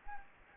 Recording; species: mosquito wingbeat signal from an infrared sensor; Anopheles gambiae